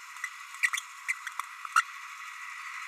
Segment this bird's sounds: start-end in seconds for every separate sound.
0.23-0.29, 0.63-0.69, 0.77-0.80, 1.08-1.13, 1.75-1.82